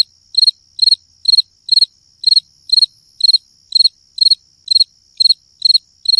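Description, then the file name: Cricket chirping: short pulsed chirps repeated about twice a second in a steady rhythm, with a faint thin high tone running underneath throughout. "Grillito"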